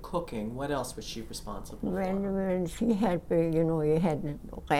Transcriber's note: none